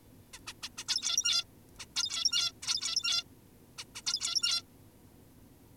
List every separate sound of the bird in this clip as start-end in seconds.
0.34-0.39, 0.47-0.54, 0.63-0.70, 0.78-0.85, 0.88-1.44, 1.79-1.86, 1.96-2.52, 2.62-3.24, 3.78-3.85, 3.95-4.02, 4.06-4.63